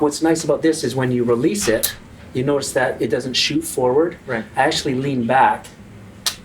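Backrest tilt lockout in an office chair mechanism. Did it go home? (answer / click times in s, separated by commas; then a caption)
released / 6.3 s. Someone talks while leaning back against the locked backrest of an XChair office chair to release its tilt lockout, which was set with the lockout lever. A small click sounds at 6.3 s as the lockout releases, and the backrest is then unlocked and moves with the sitter instead of shooting forward.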